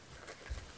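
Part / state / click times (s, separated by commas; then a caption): snap fastener of a leather sheath on an axe head / not seated / none. A handmade leather edge protector is handled as it is fitted over the sharpened head of a 130-year-old axe, with its snap fastener about to be closed. Soft rustling and handling noise is heard with a low thump near 0.5 s. Nothing has seated or snapped yet.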